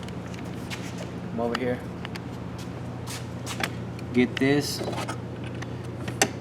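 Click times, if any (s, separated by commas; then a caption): 6.2 s. An exterior door handle is pushed into its opening in the door panel of a 1998 Chevy GMT-400 truck while someone talks over a low steady hum. A sharp, small click at 6.2 s marks the handle clipping into place, seated.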